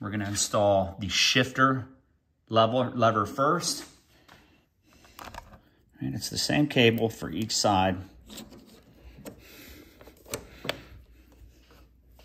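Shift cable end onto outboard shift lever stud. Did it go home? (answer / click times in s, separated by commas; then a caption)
yes / 10.7 s. Someone talks while fitting the shift cable end onto the stud/nut of the shift lever on a 30hp Suzuki outboard being mounted on a 1971 13ft Boston Whaler; the same cable type is used for each side. After a quiet stretch with light handling and small taps, the cable end is set in position, pulled and pushed on. It pops onto the stud and seats with a sharp snap at 10.7 s.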